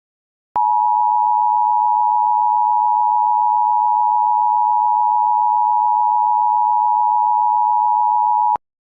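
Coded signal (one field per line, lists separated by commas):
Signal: Emergency Alert System (SAME) tones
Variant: 853 and 960 Hz attention tone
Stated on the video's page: Recreation of an EAS Amber Alert from Waco, screen recorded.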